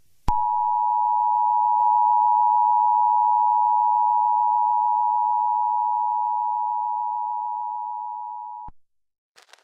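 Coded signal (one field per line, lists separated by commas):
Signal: Emergency Alert System (SAME) tones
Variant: 853 and 960 Hz attention tone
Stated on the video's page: Fictional EAS scenario simulating a Cold War nuclear attack alert.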